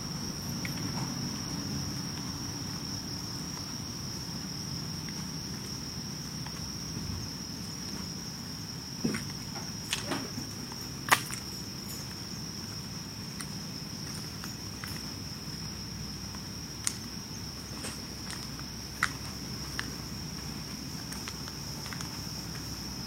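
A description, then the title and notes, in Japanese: On a summer night walk, a high, steady insect trill runs unbroken from start to finish. Beneath it lies a low hum of town life, and a few sharp clicks or knocks break through around the middle and again near the end. とある夏の夜歩き。今回は夜近所を歩いてみました。色んな虫の声や人の暮らしや、やっぱり蝉の声が時々しました。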